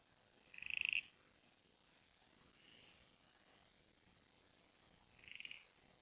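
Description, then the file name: Copper-backed broodfrog calls: a loud, rapidly pulsed creak, a faint one, then a softer one a few seconds later. "pseudophryne raveni"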